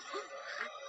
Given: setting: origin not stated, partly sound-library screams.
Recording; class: one-second piece from a danger detection set; woman in danger